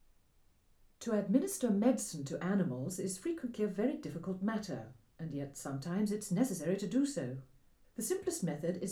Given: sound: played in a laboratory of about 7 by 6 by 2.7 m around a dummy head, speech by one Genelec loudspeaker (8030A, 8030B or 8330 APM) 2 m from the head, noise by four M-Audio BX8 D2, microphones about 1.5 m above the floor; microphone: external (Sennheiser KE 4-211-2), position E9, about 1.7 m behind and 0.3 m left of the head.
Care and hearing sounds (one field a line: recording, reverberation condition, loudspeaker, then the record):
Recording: female speech in English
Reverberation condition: low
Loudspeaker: 120 degrees to the left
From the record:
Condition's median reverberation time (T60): about 310 ms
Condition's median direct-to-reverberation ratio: about 3.5 dB